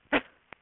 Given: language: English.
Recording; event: throat vibration sensor signal played as sound; cough